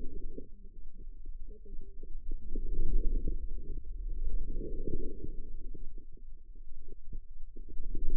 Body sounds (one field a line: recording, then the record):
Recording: forearm muscle sounds (acoustic myography)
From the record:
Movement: inward rotation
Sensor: system 2, bracelet of six BSWA MPA416 microphones around the upper forearm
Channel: 6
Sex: female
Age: 25 years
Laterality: right